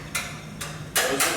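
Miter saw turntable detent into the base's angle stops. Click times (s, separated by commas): 0.2 s, 0.6 s, 1.2 s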